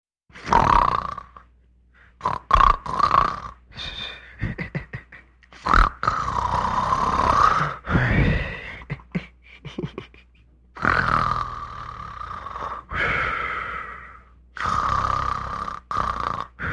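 Several drawn-out, rattling snore-like grunts, each a few seconds long, alternate with short choppy bursts of giggling. Snoring mixed with laughter.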